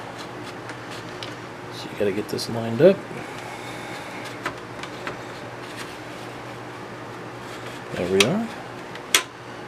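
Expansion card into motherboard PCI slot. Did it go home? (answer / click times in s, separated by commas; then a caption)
yes / 9.2 s. A graphics card is lined up and pressed into the PCI slot on the motherboard of an Alienware Aurora A4 PC while someone talks. It clicks into place and locks down with a sharp click at 9.2 s.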